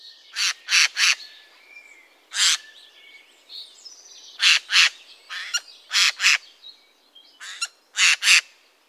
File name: Geai